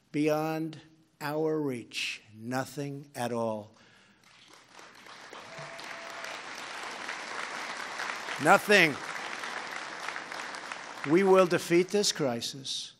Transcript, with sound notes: beyond our reach. Nothing at all. (Applause.) Nothing. We will defeat this crisis,